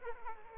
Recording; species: mosquito wingbeat signal from an infrared sensor; Aedes aegypti